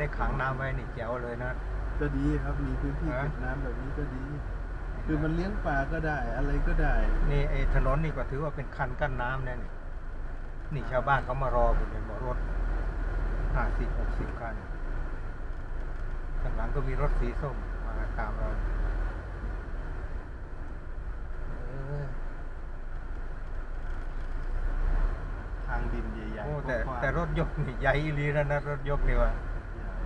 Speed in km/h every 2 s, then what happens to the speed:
14, 14, 14, 14, 14, 13, 13, 14, 13, 14, 14, 13, 12, 12, 11.
0-30 steady at about 14.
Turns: none.